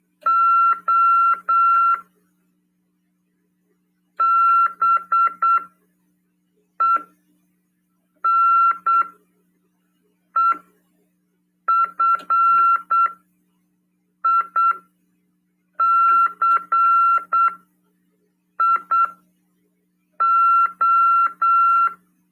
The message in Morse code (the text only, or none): O BENEFICIO